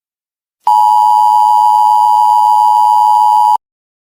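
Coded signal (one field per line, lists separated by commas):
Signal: Emergency Alert System (SAME) tones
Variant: 853 and 960 Hz attention tone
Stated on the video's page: Simulated EAS nuclear attack warning for the UK.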